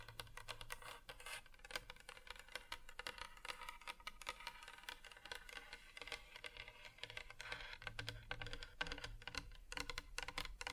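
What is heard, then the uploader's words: Fingers tap on hard surfaces in quick, irregular bursts, each tap a sharp, bright click, much like typing on a keyboard. The tapping is dense and continuous for all eleven seconds, with a faint low hum underneath and no voices. ASMR Just Tapping (Different Surfaces No Talking).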